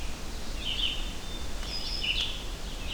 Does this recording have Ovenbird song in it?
no